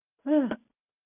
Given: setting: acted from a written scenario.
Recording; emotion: vocal sound without words; negative surprise